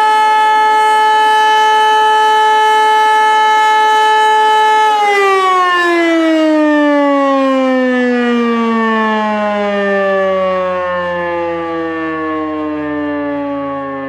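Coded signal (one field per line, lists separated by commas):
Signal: siren signal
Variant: E57 electromechanical siren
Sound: loud steady siren wail that winds down, falling slowly in pitch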